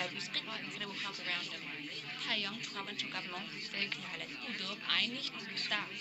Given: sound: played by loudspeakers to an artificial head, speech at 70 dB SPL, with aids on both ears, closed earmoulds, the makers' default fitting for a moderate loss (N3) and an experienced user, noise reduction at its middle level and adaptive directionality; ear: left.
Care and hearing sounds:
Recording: speech test signal (ISTS) in cocktail-party noise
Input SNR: -3 dB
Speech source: in front (0 degrees)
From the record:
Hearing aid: class 1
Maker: D

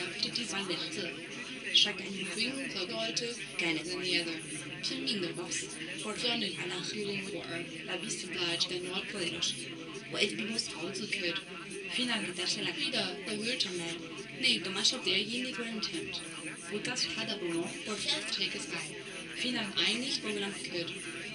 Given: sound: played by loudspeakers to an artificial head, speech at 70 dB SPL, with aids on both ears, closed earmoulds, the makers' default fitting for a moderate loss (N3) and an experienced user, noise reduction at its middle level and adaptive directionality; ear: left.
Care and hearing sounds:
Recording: speech test signal (ISTS) in cocktail-party noise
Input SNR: +3 dB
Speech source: on the right (90 degrees)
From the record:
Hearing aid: class 2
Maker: B

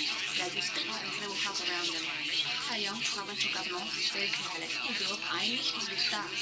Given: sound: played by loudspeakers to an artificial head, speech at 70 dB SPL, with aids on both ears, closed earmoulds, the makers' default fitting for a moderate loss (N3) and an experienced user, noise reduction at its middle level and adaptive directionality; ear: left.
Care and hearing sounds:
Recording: speech test signal (ISTS) in cocktail-party noise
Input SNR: +3 dB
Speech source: on the right (90 degrees)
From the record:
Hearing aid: class 1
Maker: A

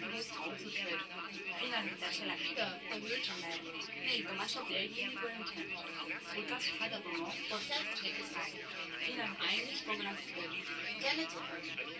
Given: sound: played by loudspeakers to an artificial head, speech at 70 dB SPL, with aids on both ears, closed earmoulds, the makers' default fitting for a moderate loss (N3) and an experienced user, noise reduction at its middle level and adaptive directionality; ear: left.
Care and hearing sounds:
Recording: speech test signal (ISTS) in cocktail-party noise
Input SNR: 0 dB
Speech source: on the right (90 degrees)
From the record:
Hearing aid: class 2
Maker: C

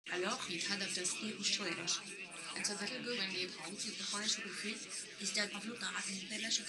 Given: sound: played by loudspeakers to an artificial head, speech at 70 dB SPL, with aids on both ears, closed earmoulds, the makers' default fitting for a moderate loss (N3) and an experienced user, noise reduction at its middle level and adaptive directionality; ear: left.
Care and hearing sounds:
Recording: speech test signal (ISTS) in cocktail-party noise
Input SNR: +6 dB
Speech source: on the right (90 degrees)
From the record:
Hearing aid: class 1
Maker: H

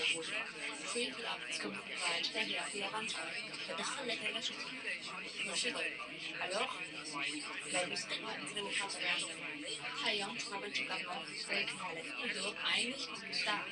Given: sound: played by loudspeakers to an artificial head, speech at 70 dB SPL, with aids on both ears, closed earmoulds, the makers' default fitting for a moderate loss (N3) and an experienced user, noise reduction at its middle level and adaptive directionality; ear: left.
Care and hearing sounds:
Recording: speech test signal (ISTS) in cocktail-party noise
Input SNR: 0 dB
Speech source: on the right (90 degrees)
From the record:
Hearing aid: class 2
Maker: I

